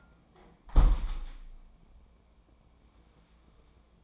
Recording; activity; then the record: daily activity, microphone in the room; close window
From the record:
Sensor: 1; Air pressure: 1012.4 hPa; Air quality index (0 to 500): 168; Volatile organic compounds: 3 ppm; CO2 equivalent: 1368 ppm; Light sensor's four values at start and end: 229/525/232/257 and 246/564/249/276